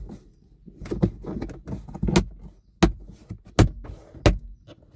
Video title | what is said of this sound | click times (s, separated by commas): How to replace center speaker in Kia Sportage - no turn signal sound | Press down evenly around the edges, making sure each clip snaps back into place. | 2.8 s, 3.6 s, 4.3 s